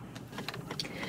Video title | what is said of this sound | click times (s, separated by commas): How to Attach the Alaris 8100 Module | then when you have it in place you want to hear a click so that you know you have connectivity achieved | 0.8 s